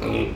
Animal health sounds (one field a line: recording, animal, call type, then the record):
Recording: contact call of a hoofed animal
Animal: pig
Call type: closed-mouth grunt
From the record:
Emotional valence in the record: negative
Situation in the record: short social isolation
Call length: 0.36 s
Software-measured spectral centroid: 1790 Hz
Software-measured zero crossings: 1380 a second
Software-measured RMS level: -24 dBFS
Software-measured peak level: -12 dBFS